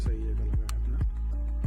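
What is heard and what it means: A motor head is being refitted on top of the stainless steel drum of a wet and dry vacuum, ready for its latch to be closed onto the drum. Music plays throughout with low thumping beats while someone talks, and a brief sharp tick stands out near 0.7 s. Nothing has seated or clicked locked yet.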